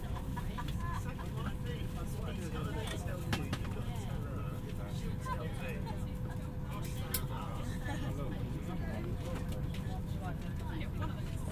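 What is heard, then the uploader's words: Inside an Airbus on the Stansted to Skiathos flight, a steady low engine roar fills the cabin, with a faint constant tone and murmured voices. This week features a flight from London Stanstead airport to the Greek island of Skiathos. Binaural. Boarding the Airbus, through to takeoff and a little bit of cruising.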